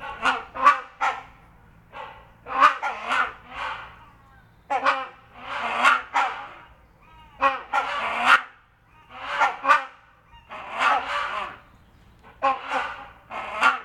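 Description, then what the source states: Hornbill calls: loud, harsh honking barks repeated in irregular bursts. Great Hornbill and Rhinoceros Hornbill.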